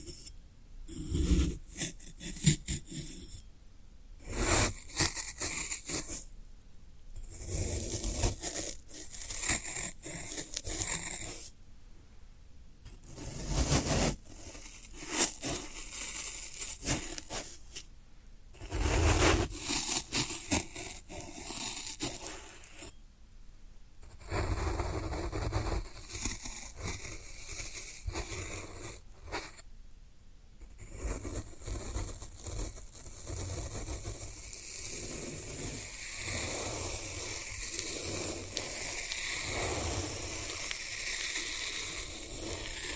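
Floral foam being crushed and scraped, a dense run of crackly, gritty crunches that fill the whole clip. Busy bursts come in clusters with brief silent gaps at about 4, 7, 12, 19, 23 and 30 seconds, then the crunching turns steadier and continuous.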